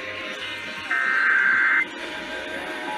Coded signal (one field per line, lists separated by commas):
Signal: Emergency Alert System (SAME) tones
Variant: header bursts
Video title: Los Angeles Required Monthly Tests (EAS #3296-3341) 2/23/21